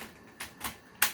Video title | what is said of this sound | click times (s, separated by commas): Dyson Ball Multi-Floor 2 Unboxing & Acquisition (UP19) - Intellitech Studios | pop it back on. | 1.0 s